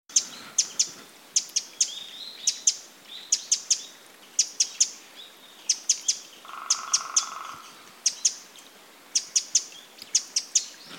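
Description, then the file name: Eurasian wren giving sharp, high ticking calls in quick clusters of two to four throughout, with a steady low hum for about a second midway. "Troglodytes troglodytes"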